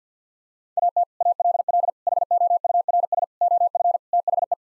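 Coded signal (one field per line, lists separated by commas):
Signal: Morse code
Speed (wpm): 50 wpm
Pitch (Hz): 700 Hz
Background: none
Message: AT ALL HOURS OF THE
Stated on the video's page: Morse head-copy drill of common eight-word English sequences sent at 50 wpm, each set sent, spoken, then sent again.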